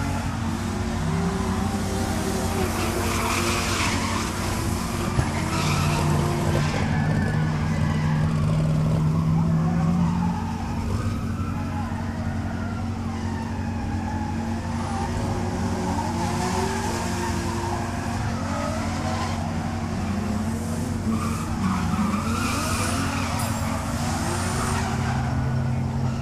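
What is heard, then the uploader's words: Cars at a drift track keep up a steady, dense roar, with engine notes rising and falling as they accelerate, most clearly between about 6 and 10 seconds. Bursts of tire hiss and squeal come through repeatedly, over a constant low hum of engines. Field recording taken at the last ever drift track meeting held at Archerfield drift track, Archerfield, Queensland, Australia. Sound recording by G R Legge, 24bit/48kHz on a Zoom H5 with included microphone capsule.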